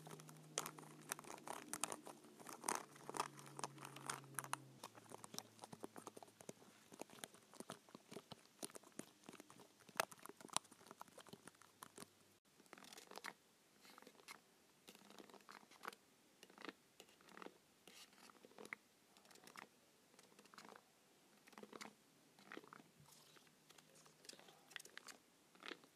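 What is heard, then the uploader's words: Buttons on a remote are pressed in quick, irregular bursts of sharp clicks, many per second, crisp and bright. In the first five seconds a low steady hum sits underneath; after about twelve seconds the clicking continues alone, a little sparser. ASMR Buttons on a Remote.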